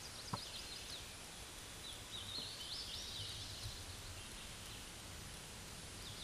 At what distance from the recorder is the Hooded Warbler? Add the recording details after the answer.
about 60 m. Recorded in a Pennsylvania forest on 18 May 2023 at 12:59. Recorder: AudioMoth, point grid1_30_low. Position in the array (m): 149 m, 123 m